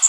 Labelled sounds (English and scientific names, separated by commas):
Magnolia Warbler (Setophaga magnolia) flight call